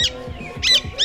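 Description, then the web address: Alexandrine parakeet giving harsh, grating squawks, one short burst at the start followed by two louder raspy calls close together near the end. "vogel der woche. Grosser Alexandersittich"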